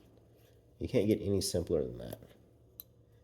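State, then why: Seated. Someone talks while tightening the battery door cap on a Streamlight TLR-7 Sub compact pistol weapon light for a Glock 43X MOS, after dropping the battery in. A sharp, short click is heard at 2.8 s as the cap turns and seats into place.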